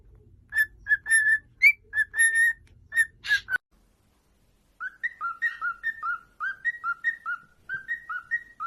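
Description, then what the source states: Cockatiel whistling: first a string of short level whistles, then a pause, then a rhythmic two-tone phrase of alternating high and low whistled notes. Several cockatiels singing, whistling.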